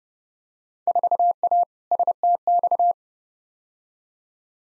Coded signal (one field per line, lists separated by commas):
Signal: Morse code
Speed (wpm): 31 wpm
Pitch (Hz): 700 Hz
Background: none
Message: 4A STX